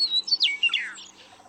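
Western meadowlark song phrase, fluty whistled notes tumbling downward into a short bubbling flourish, lasting about one second.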